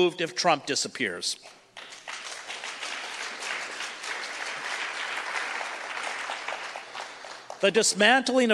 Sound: audience applause